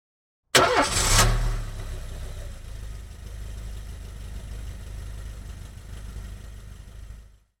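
A car engine cranks and catches with a loud burst, then settles into a steady, low idle rumble that continues for several seconds before cutting off.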